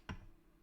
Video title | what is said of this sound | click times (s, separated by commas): Cleaning the Conical Grinder part 2 | to hear a click | 0.1 s